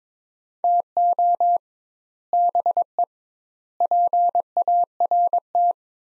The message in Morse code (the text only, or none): TO BE PART